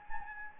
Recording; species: mosquito wingbeat signal from an infrared sensor; Anopheles gambiae